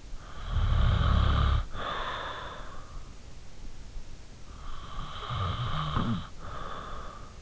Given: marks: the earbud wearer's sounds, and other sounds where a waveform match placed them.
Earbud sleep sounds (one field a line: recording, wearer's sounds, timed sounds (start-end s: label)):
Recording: sounds in sleep by an in-ear microphone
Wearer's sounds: snoring breath, breath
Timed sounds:
0.00-2.97 s: snoring breath
4.63-7.37 s: breath